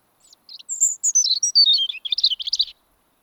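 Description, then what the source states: European robin song: one sustained phrase of very high, thin notes tumbling downward into a fast, jumbled twitter. Autumn song; the bird starts singing again at this season with the arrival of northern migrants.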